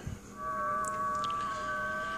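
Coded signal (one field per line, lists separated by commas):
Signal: FT8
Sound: several overlapping steady warbling tones shifting slightly in pitch over hiss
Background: radio static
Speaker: if you listen here you can hear the sweet sounds of ft8 which is personally my favorite digital mode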